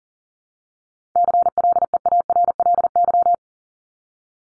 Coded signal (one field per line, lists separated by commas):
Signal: Morse code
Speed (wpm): 40 wpm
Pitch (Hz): 700 Hz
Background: none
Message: CLEARLY